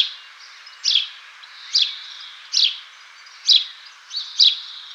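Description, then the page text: House sparrow giving repeated bright chirps about once a second, each a short sharp note, over a faint steady background hiss. "House Sparrow Call. Quick Sounds"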